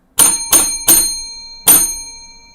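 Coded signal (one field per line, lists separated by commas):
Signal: bell signal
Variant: railway signal box block bell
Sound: four ringing bell strokes: three quick strikes, a short pause, then one more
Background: quiet room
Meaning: Asks whether the line is clear for a stopping passenger train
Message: 3-1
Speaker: and then try to remember some bell codes i think this is can you accept stopping passenger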